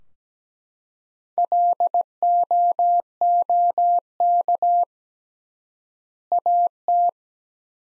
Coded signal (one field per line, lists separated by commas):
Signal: Morse code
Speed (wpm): 17 wpm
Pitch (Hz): 700 Hz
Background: none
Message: LOOK AT